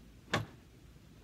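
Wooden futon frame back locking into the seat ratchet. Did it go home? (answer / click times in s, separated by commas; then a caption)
yes / 0.3 s. A wooden futon frame back is lifted from the bed to the sitting position and pushed at the mattress crease until it locks on its seat ratchet. A single sharp click at 0.3 seconds marks the frame seating, with no talking heard in the clip. The frame is locked into the seating position.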